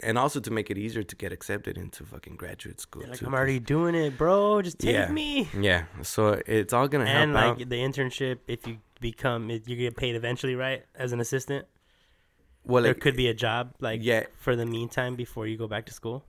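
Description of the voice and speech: Two adult men chat casually in a quiet room, speaking in a relaxed, fluent way with ordinary pauses and quick back-and-forth turns. Articulation and voice quality sound ordinary, with no blocks, repeats or slurring, so there is no sign of a speech disorder.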